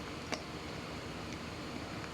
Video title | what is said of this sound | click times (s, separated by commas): How to unlock forgotten code of PIERRE CARDIN LUGGAGE | lock sa ay Ayun oh nag-lock na oh | 0.3 s